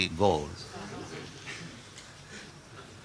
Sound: laughter

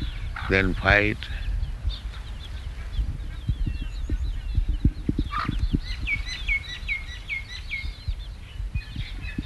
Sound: baby birds making sounds

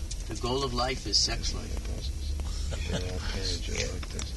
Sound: laughs

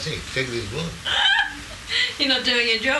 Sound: laughs

